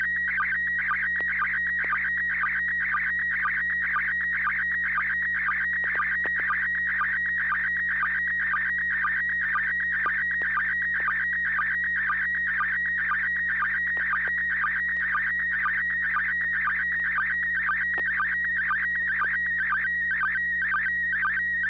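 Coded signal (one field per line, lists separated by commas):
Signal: SSTV (slow-scan television)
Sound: continuous warbling tone with quick low chirps about twice a second, like scanning lines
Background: low steady hum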